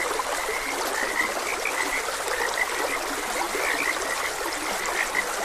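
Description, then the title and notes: Frog: a steady mass of frog croaks, short and overlapping, layered over constant flowing water. Frogs croaking beside a gentle stream; continuous nature ambience. "Gentle Stream and Frogs Croaking - 4 Hr Calming Sounds of Nature |Ep56. Sleep and Relaxation Podcast"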